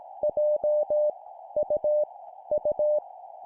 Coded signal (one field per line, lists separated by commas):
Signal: Morse code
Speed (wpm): 18 wpm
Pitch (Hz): 600 Hz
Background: none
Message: J U U